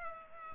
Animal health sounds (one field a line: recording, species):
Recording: mosquito wingbeat signal from an infrared sensor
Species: Culex pipiens